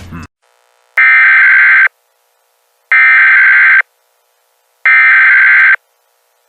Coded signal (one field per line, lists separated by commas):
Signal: Emergency Alert System (SAME) tones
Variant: header bursts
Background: speech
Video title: EAS Mock: Garfield Cloud (VAILD EAS TONES)